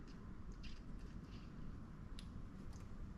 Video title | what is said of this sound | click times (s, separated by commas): SHIMANO CURADO 201 K - Take Apart & Tune Up - Reel Maintenance | just let it slide all the way down until it locks into place there | 2.2 s